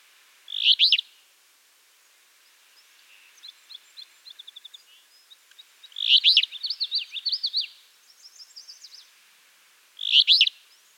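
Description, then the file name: Alder flycatcher uttering harsh buzzy phrases at intervals of four to six seconds, mixed with soft ticking notes and a jumbled chirping series from another bird. "Empidonax alnorum - Alder Flycatcher"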